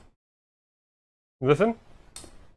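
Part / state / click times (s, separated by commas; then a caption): spring pin joint between wooden bassinet panels / seated / 2.2 s. Wooden bassinet panels A and B are pushed together at a spring pin joint while someone talks. A sharp, brief click sounds at 2.2 s as the spring pin engages, and the panels are locked in place.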